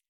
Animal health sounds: hydrophone in a shrimp aquaculture tank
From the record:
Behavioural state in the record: feeding

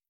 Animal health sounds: hydrophone in a shrimp aquaculture tank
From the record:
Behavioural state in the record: feeding

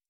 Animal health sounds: hydrophone in a shrimp aquaculture tank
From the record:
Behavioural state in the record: stressed

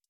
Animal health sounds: hydrophone in a shrimp aquaculture tank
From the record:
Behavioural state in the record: stressed

